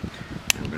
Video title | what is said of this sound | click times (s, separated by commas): Buick LeSabre Control Panel Replacement - Car Stereo HELP | push that in that one clicked into place | 0.5 s